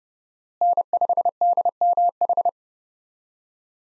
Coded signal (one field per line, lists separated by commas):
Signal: Morse code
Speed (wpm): 32 wpm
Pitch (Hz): 700 Hz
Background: none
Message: N5DMH